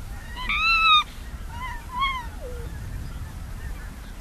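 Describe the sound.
Arctic fox yelping: a strong harmonic whine, then a softer one sliding downward, over a low rumble.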